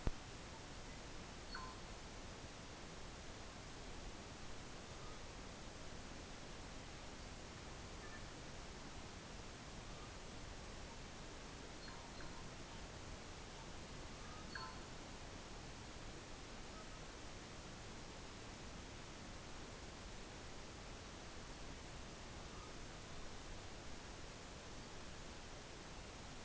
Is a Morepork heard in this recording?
no